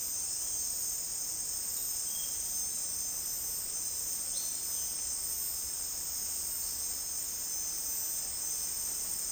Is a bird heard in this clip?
no